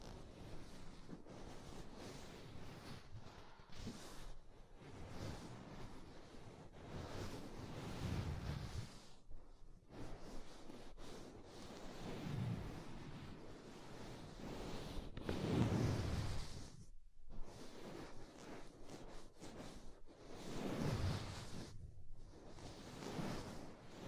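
Soft, fluffy ear-tingling triggers: continuous rubbing and brushing with a low, muffled rush, like slow whooshing strokes. The texture swells and fades, with brief near-silent gaps around 9, 17 and 22 seconds and fuller, deeper sweeps near 8, 15 and 20 seconds.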